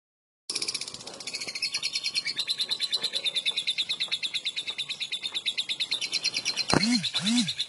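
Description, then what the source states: Lovebird: after a brief silence, a Lovebird starts a rapid, buzzy high-pitched trill that continues steadily, with two low swooping sounds near the end. Long ngekek trill used as a lure (kicau pancingan).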